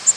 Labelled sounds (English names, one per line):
Black-throated Green Warbler flight call